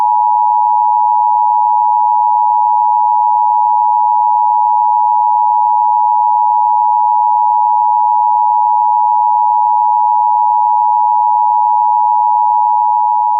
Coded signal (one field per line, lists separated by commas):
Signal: Emergency Alert System (SAME) tones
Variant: 853 and 960 Hz attention tone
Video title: Emergency Alert System (EAS) Severe Thunderstom Warning